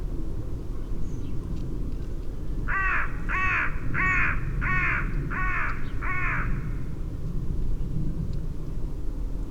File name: Corvus corone